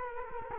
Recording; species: mosquito wingbeat signal from an infrared sensor; Culex quinquefasciatus